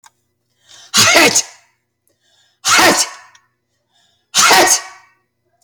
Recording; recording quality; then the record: heavy voluntary cough; excellent, no background noise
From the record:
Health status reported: healthy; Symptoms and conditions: cold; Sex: male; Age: 45 years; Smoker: not ticked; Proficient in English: yes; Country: United States